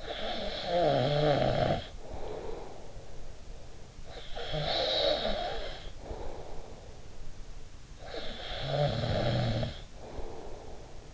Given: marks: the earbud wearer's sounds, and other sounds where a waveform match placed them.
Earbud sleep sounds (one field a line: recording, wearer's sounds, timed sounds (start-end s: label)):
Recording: sounds in sleep by an in-ear microphone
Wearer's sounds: snoring breath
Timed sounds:
0.00-3.64 s: snoring breath
4.03-7.05 s: snoring breath
8.04-11.14 s: snoring breath